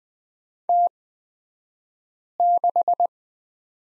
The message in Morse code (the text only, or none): T6